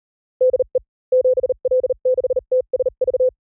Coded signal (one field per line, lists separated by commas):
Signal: Morse code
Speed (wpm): 38 wpm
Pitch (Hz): 500 Hz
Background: none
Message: DE 7L6TSV